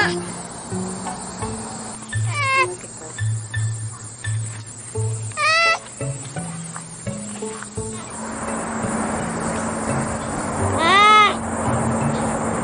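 Sloth giving several brief squeaky bleats, then a louder arched cry near the end, over a low hum and rising hissy background noise.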